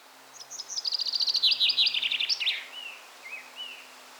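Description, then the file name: Common chaffinch song: a quick trill of bright notes stepping down in pitch, ending in a short flourish, followed by three soft upslurred whistles. "Fringilla coelebs"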